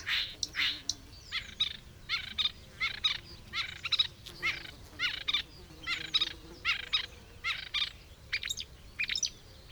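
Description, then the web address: Marsh warbler delivering a rapid, scratchy song of chattering notes in short bursts with brief pauses between. "chant didier collin rousserolle verderolle"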